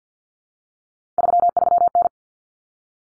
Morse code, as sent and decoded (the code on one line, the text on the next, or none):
...-- ...-- -.
33N